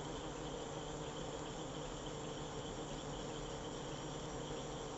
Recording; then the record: honeybee defence experiment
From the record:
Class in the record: control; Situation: empty test tube, no live specimens